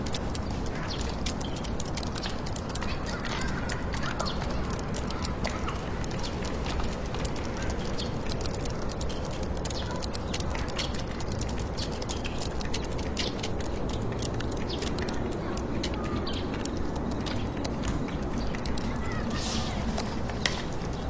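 Fingertip typing on a computer keyboard sits over a steady, dense city hum that never lets up. Light, quick taps come in irregular bursts throughout, some sharper clicks standing out near the end, while the low rumble and hiss stay constant underneath.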